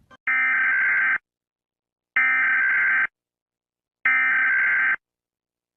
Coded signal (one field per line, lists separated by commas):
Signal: Emergency Alert System (SAME) tones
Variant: header bursts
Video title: Rating ESA alarms.(I think it's ESA or eas) #alarm#scary#tremd#loud#dragonpuppet#pink#fyp#fypシ゚